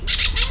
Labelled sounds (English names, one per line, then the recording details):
Brown-throated Parakeet contact call
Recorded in Venezuela
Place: PN Cerro Saroche, Tierras del Sr. Polo, Edo. Lara
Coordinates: 10.171, -69.518